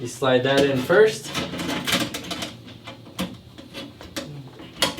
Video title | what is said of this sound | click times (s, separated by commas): Installing Can Lights in Crawl Space Rehab | and then you push it down snaps into place these things are awesome especially | 4.8 s